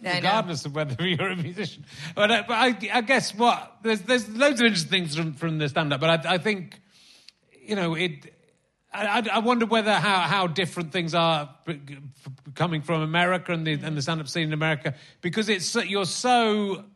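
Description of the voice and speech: An adult man speaks in a relaxed conversational voice at a moderate pitch during an interview, with a clear, steady tone and natural pauses. Occasional word repeats such as "I, I, I" and "how, how" are ordinary conversational hesitations. The voice is normal, without hoarseness or strain.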